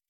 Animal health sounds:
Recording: hydrophone in a shrimp aquaculture tank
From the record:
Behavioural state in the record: feeding

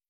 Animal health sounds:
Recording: hydrophone in a shrimp aquaculture tank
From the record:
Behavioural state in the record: feeding

